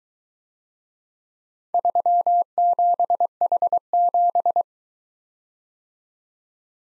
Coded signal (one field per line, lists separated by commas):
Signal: Morse code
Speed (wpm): 23 wpm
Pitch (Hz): 700 Hz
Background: none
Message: 37H7